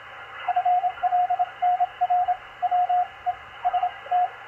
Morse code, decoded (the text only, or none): FL NR WEST